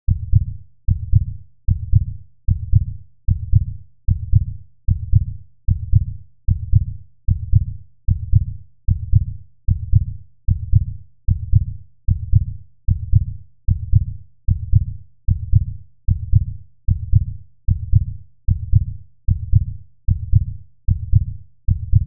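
A regular adult heartbeat at about 75 beats per minute.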